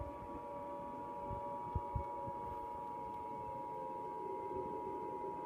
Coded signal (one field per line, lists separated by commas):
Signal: Emergency Alert System (SAME) tones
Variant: 853 and 960 Hz attention tone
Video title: Watching a EAS scenario on the TV of a emergency action notification